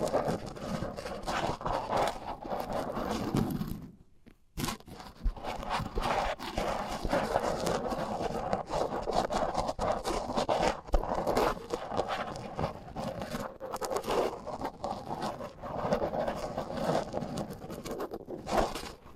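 Dense, steady scratching and crinkling of tape over microphones, with a brief near-silent pause around four seconds before the rustling resumes.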